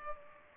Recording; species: mosquito wingbeat signal from an infrared sensor; Culex pipiens